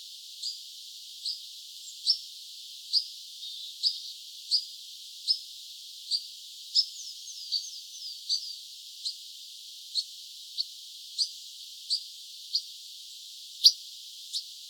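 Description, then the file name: European pied flycatcher calls: short, sharp high ticks repeated steadily, with a brief burst of faint thin twittering notes near the middle. Recorded 26 August 2013. "26 08 2013 Trauerschnaepper"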